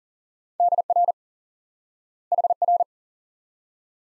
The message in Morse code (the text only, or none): DR HR